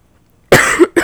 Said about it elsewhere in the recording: I told y'all I was gonna be coughing. It's not even winter, it is summer. Why am I sick?